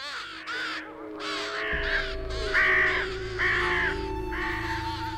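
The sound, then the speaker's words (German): A series of harsh, croaking raven calls, around five or six rough caws in an uneven rhythm, loud and unaccompanied by speech, with a low rumbling background underneath. “Eine sehr enge Symbiose entwickelte sich vor langer Zeit zwischen Raben und Wölfen.”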